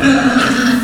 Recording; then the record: squeal of a Yucatan mini pig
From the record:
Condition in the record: after surgery on the right vocal fold (resection and tissue-engineered implant); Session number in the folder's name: 6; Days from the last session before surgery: 40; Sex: female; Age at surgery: 19 weeks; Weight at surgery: 25 kg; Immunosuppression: prednisolone